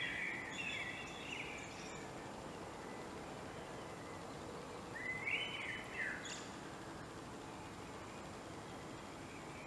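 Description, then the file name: Common blackbird giving short mellow warbled phrases with thin high squeaks, two separate bursts amid constant background hiss. "Turdus merula"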